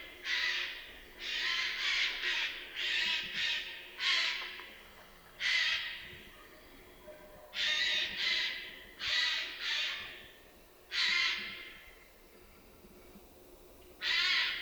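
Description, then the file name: Eurasian jay uttering loud, grating screeches, repeated irregularly throughout with short quiet gaps between. "Garrulus glandarius"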